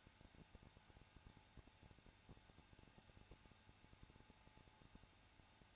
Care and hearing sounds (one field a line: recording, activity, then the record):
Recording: daily activity, microphone in the room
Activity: no activity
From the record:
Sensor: 2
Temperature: 21.0 degrees Celsius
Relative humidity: 34.2%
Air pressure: 994.4 hPa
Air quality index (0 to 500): 172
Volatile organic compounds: 3 ppm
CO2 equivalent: 1335 ppm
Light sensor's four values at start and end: 2/3/2/2 and 2/3/2/2